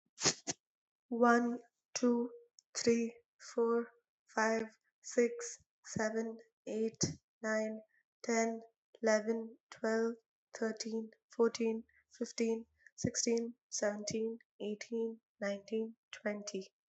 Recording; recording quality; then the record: counting at a normal pace; excellent, no background noise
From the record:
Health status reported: healthy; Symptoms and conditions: none ticked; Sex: female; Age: 22 years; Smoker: not ticked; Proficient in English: yes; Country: India